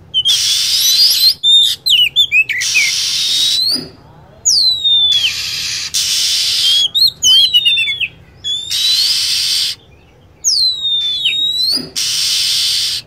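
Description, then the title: Lovebird: bursts of high chirps and curving whistles, some in quick trilled runs, alternating with loud hissing noise. Lure sound (pikat) used to attract lovebirds. "PIKAT BURUNG LOVEBIRD"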